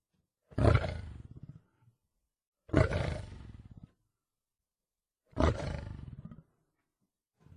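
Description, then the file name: Lion roaring, three deep, rough bursts about a second long each, separated by pauses, with silence between them. "lev rev"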